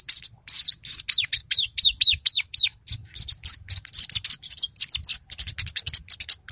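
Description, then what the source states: Little Spiderhunter song: rapid, high, sharp chipping notes with quick slurred notes, delivered almost without pause. Vigorous, agitated song (gacor, emosi) used as a lure to call out and provoke rival birds.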